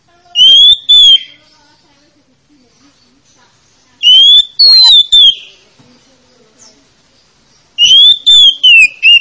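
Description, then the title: Oriental magpie-robin repeating short bursts of two or three loud whistled notes roughly every four seconds, with near silence between the bursts. Lure song, known locally as kacer, played to prompt a reluctant, quiet magpie-robin to start singing. "Pancingan Kacer Yg Malas Bunyi"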